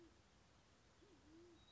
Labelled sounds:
Band-tailed Pigeon
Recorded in Sonoma County, California

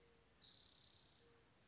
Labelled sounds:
Spotted Towhee
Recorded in Sonoma County, California

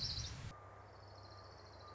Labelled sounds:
Orange-crowned Warbler
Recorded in Sonoma County, California

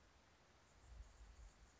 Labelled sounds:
Anna's Hummingbird
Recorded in Sonoma County, California

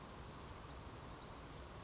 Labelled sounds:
Brown Creeper
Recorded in Sonoma County, California

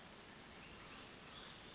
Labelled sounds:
Western Flycatcher
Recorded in Sonoma County, California

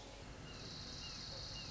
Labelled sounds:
Orange-crowned Warbler
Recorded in Sonoma County, California

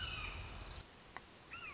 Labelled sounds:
Red-shouldered Hawk
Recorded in Sonoma County, California

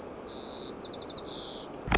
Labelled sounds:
White-crowned Sparrow
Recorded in Sonoma County, California

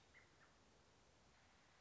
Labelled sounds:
American Robin
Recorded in Sonoma County, California

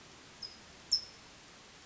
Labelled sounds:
California Towhee
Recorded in Sonoma County, California

